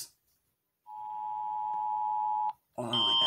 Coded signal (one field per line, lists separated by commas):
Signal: Emergency Alert System (SAME) tones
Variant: 853 and 960 Hz attention tone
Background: speech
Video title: Reaction - Rating EAS alarms!